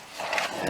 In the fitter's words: you push it in until it clicks